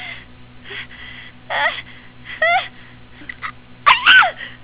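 A single sneeze from an adult: two catching, rising in-breaths build to one sharp, explosive burst with a trailing exhale.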